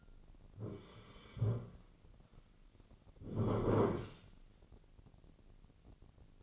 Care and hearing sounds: daily activity, microphone in the room; sit down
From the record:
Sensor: 4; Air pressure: 1010.0 hPa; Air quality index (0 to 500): 190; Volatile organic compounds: 3 ppm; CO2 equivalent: 1366 ppm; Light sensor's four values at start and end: 36/89/37/39 and 37/90/37/40

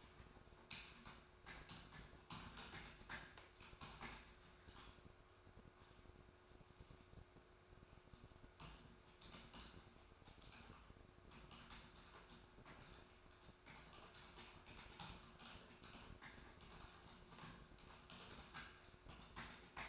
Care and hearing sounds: daily activity, microphone in the room; typing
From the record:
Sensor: 2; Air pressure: 1004.3 hPa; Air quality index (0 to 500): 188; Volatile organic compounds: 10 ppm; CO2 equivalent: 2250 ppm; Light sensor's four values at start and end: 4/11/4/4 and 4/11/4/4

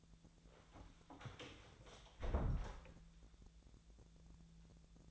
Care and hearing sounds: daily activity, microphone in the room; close door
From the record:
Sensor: 3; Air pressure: 1000.4 hPa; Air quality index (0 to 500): 174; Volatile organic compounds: 3 ppm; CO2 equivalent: 1517 ppm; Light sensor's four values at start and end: 13/31/13/13 and 13/31/13/13

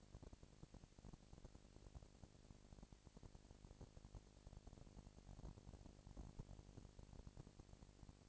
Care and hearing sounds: daily activity, microphone in the room; no activity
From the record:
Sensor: 5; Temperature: 19.8 degrees Celsius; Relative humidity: 36.7%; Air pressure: 997.1 hPa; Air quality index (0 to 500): 169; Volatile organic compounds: 14 ppm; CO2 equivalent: 2441 ppm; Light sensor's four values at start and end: 2/3/1/1 and 2/3/1/1

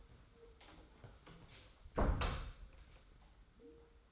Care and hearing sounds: daily activity, microphone in the room; close door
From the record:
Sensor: 3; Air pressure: 991.6 hPa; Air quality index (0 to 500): 142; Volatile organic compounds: 342 ppm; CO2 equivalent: 4568 ppm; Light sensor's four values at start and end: 41/116/47/41 and 41/116/47/41

